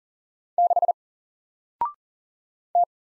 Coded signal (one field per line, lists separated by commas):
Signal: Morse code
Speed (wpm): 39 wpm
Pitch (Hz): 700 Hz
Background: none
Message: 6 T